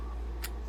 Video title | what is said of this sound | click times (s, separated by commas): Red Dirt Trigger! DWX Dan Wesson | Slide release. Snap in there. | 0.4 s